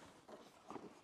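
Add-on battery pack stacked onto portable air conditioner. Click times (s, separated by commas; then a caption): 0.7 s. An add-on battery pack is stacked on top of an EcoFlow Wave 2 portable air conditioner and latched. One short hit is heard at 0.7 s as the pack seats and locks onto the unit.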